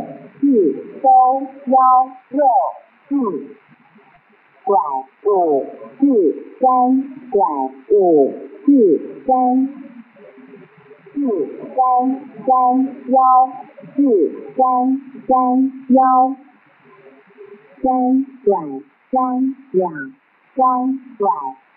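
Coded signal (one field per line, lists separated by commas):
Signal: numbers station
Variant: V13, Chinese military reading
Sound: voice reading short evenly spaced syllables in groups, with brief pauses between groups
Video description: Star Broadcasting Station is a Taiwan clandestine shortwave number station which send instructions to agencies/spies working in P. R. C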